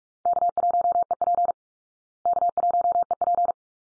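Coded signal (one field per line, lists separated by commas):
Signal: Morse code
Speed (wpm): 44 wpm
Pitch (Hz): 700 Hz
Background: none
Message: K1EP K1EP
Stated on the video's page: Morse head-copy drill of call signs at 45 wpm, each sent twice, then spoken, then sent again.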